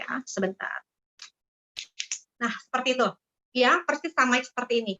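A plastic skincare capsule cartridge is pushed into the opening of a portable skincare device until it clicks into place, with clicks at 2.0 s and 2.1 s. Someone talks before and after the clicks, and the cartridge is confirmed seated.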